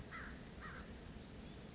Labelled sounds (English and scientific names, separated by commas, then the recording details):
American Crow (Corvus brachyrhynchos)
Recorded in Sonoma County, California